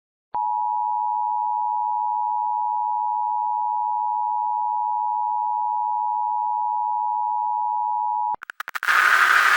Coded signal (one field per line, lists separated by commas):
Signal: Emergency Alert System (SAME) tones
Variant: 853 and 960 Hz attention tone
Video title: EAS Recreation #4: 3/11/11 TSW in California